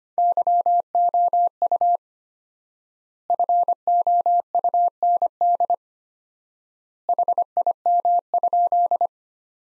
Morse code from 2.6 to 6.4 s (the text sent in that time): FOUND